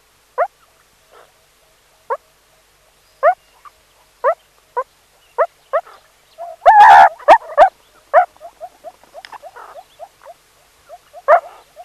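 Meerkat chirps: short rising harmonic calls spaced out, a brief noisy scuffle-like burst midway, then quicker softer chirps.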